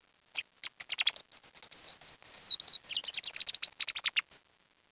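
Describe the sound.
Bird giving a rapid stream of high chirps, with a brief descending warbled phrase in the middle, ending in quick staccato notes.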